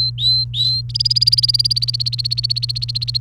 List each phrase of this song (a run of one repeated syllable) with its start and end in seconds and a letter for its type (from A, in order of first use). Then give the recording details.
0.00-0.81 A, 0.89-3.20 B. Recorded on 28 April 2018 at 11:50. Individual llb3